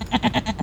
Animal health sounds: contact call of a hoofed animal; goat; low-frequency (closed-mouth) or high-frequency (open-mouth) call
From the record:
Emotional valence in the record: negative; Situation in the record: short social isolation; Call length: 0.63 s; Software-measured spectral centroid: 2080 Hz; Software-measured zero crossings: 1660 a second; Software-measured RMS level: -23 dBFS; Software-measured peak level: -7 dBFS

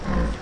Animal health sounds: contact call of a hoofed animal; wild boar; grunt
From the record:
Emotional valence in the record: positive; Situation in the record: food anticipation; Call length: 0.41 s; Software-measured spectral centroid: 1480 Hz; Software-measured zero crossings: 1280 a second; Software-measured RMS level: -24 dBFS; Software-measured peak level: -12 dBFS

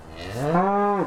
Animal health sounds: contact call of a hoofed animal; cattle; low-frequency (closed-mouth) or high-frequency (open-mouth) call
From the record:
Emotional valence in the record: negative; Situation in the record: full separation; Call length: 1.07 s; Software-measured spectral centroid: 1410 Hz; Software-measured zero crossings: 1630 a second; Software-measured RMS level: -23 dBFS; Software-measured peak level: -8 dBFS

